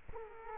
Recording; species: mosquito wingbeat signal from an infrared sensor; Culex quinquefasciatus